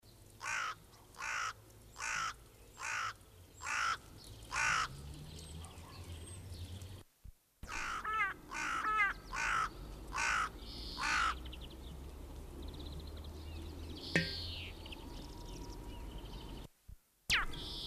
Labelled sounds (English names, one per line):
Common Raven call